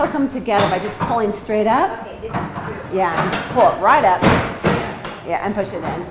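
An attachment is hooked onto a Pilates reformer frame by pulling straight up and is then pushed in, while someone talks throughout. A short thump sounds at about 5.0 s, but the part has not seated yet and nothing has clicked into place by the end of the clip.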